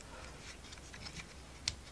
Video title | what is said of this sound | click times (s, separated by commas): ROKR Chocolate Factory Marble Run Part 11 | it locks into place there and | 1.7 s